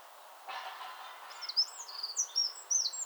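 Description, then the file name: Eurasian wren singing rapid, high, sharp notes in a quick tumbling sequence, preceded by a brief rushing noise. "Troglodytes troglodytes"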